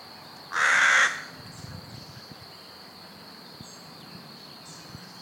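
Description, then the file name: Carrion crow giving one loud, rasping caw, then a quiet stretch with faint insect-like ticking and a steady high tone, and another caw starting at the end. "Corvus corone"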